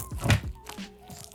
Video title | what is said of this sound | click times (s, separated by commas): ASUS ProArt PA329C Monitor - Unboxing & Review (2 Weeks Use/First Impressions) | there's little two prongs in the back which i hope you saw and then just clicks right in and you're all good and secure | 0.3 s